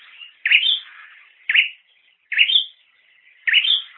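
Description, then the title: Bird gives four strong chirps about a second apart, each trailing into a softer drawn-out note between them. "kikicau"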